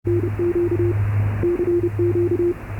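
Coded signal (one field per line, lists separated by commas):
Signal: Morse code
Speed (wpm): 30 wpm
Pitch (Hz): 350 Hz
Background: none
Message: NQ CQ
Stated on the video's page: Morse calling CQ from Pyongyang Radio ship's radio on 8664 kHz.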